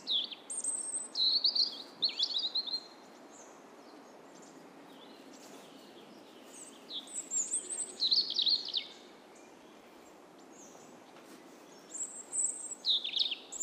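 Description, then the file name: European robin song: three bursts of high, thin warbling and trilled notes, separated by several seconds of quiet, with a soft background hiss. "Erithacus rubecula"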